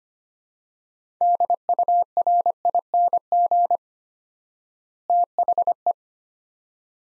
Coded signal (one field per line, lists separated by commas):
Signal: Morse code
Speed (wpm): 25 wpm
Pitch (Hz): 700 Hz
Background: none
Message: DURING THE